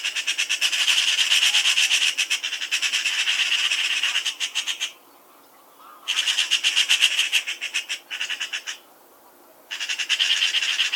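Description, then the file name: Eurasian magpie giving harsh, rasping chatter in rapid rattling bursts, broken by two short pauses. "Pica pica"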